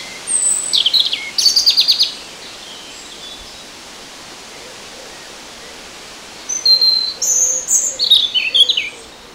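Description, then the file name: European robin song: two bursts of high, thin, varied warbling phrases with trills, separated by a pause of several seconds, over a steady hiss. "Erithacus rubecula"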